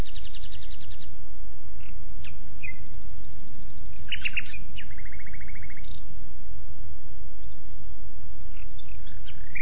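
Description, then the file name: Common nightingale song: bursts of rapid repeated notes, short pure whistles and a buzzy trill, over a steady low rumble. "Luscinia megarhynchos"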